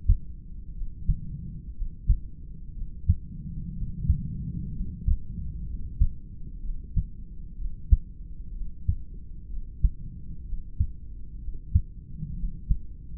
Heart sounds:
heart sounds by stethoscope; 62 bpm
0.72 s: heartbeat
1.72 s: heartbeat
2.72 s: heartbeat
3.72 s: heartbeat
4.70 s: heartbeat
5.64 s: heartbeat
6.59 s: heartbeat
7.55 s: heartbeat
8.51 s: heartbeat
9.47 s: heartbeat
10.43 s: heartbeat
11.38 s: heartbeat
12.33 s: heartbeat
From the record:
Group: heart failure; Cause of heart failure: idiopathic cardiomyopathy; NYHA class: 2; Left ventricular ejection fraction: 17%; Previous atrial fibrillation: present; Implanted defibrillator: present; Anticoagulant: edoxaban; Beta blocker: bisoprolol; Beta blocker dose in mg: 7.5 twice daily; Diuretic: furosemide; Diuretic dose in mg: 20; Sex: male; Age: 63 years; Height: 160 cm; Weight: 69 kg

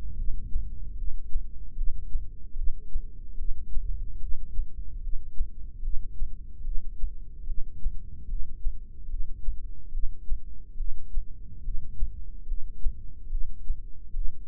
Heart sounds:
heart sounds by microphone in the left ear; 73 bpm
0.20 s: heartbeat
1.00 s: heartbeat
1.79 s: heartbeat
2.59 s: heartbeat
3.41 s: heartbeat
4.24 s: heartbeat
5.05 s: heartbeat
5.85 s: heartbeat
6.67 s: heartbeat
7.50 s: heartbeat
8.31 s: heartbeat
9.12 s: heartbeat
9.95 s: heartbeat
10.80 s: heartbeat
11.66 s: heartbeat
12.50 s: heartbeat
13.33 s: heartbeat
14.17 s: heartbeat
From the record:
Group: heart failure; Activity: rest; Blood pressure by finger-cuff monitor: 125/89 mmHg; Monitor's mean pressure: 103 mmHg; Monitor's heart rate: 73 bpm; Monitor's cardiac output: 6.6 L/min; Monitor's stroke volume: 90 mL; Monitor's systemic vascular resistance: 1150 dyn s/cm5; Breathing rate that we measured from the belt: 16 breaths a minute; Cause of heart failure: idiopathic cardiomyopathy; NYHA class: 1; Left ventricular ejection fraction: 50%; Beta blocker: bisoprolol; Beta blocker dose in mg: 5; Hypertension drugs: candesartan, spironolactone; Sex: male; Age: 54 years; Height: 180 cm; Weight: 94.6 kg

